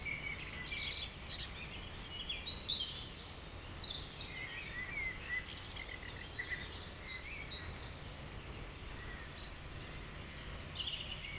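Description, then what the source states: Birds singing, overlapping whistled phrases and chirps, busiest in the first half, then quieter scattered notes over a constant low hum. Evening village birds in Tregastel bourg, Pleumeur-Bodou, France; around 8 pm, humid weather, April 2019; recorded with MKH 8040 ORTF pair, Rycote, Zoom H5.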